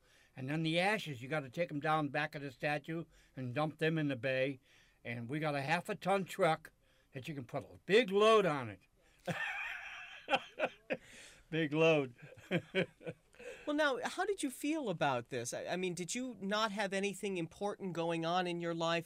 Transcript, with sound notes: And then the ashes, you got to take them down in back of the statue and dump them in the bay, and we've got a half a ton truck that you can put a big load on it." ( he laughs )
Now, how did you feel about this? I mean, did you not have anything important going on in your life?